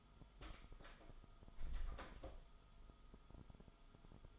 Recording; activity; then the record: daily activity, microphone in the room; close door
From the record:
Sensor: 5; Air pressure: 1005.1 hPa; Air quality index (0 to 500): 93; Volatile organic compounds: 2 ppm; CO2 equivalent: 1124 ppm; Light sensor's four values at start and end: 35/80/32/31 and 35/81/32/31